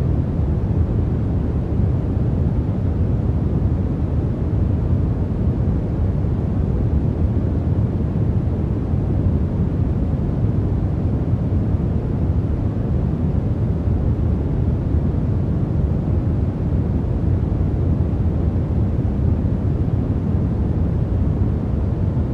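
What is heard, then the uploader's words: Deep white noise hisses steadily and densely throughout, weighted toward a low rumble with softer highs, unchanging like an engine drone. Deep White Noise.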